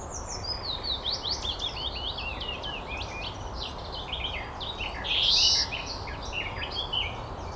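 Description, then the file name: European greenfinch giving one buzzy wheeze in the latter half, set against rapid, continuous twittering. "Chloris chloris"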